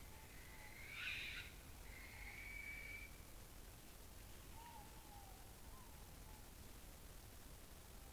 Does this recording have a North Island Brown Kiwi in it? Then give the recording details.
no. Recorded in New Zealand on 24 November 2013. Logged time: 00:13. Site CF70